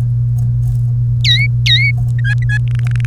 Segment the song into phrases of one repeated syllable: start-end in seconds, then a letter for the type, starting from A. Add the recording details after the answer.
1.24-1.91 A, 2.18-2.57 B, 2.67-3.05 C. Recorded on 1 May 2018 at 14:57. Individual llb3